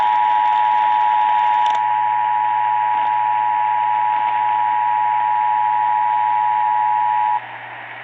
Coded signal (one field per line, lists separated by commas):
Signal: Emergency Alert System (SAME) tones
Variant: 853 and 960 Hz attention tone